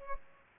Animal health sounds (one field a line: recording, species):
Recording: mosquito wingbeat signal from an infrared sensor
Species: Culex pipiens